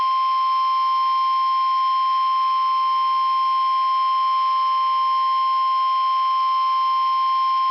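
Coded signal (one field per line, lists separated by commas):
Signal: Emergency Alert System (SAME) tones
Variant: 1050 Hz attention tone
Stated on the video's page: Severe Thunderstorm Watch alert issued by the Storm Prediction Center for northeast South Carolina and southeast North Carolina; real, valid EAS tones.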